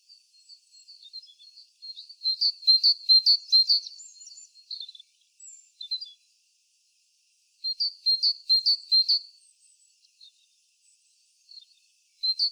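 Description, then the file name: Great tit calling in two bursts of rapid, high, sharp notes, with softer scattered chips between the bursts and a third loud burst starting at the end. "Parus major"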